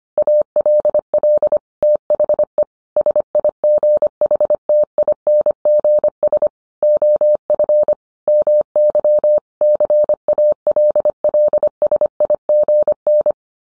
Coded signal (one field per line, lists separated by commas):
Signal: Morse code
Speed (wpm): 25 wpm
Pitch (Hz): 600 Hz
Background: none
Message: ALL THE SIGHTINGS OF MY CALLSIGN